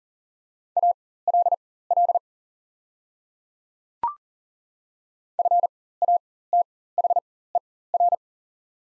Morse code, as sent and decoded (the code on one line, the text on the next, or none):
.- .-.. .-.. / ..-. .- - .... . .-.
ALL FATHER